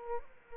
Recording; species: mosquito wingbeat signal from an infrared sensor; Aedes aegypti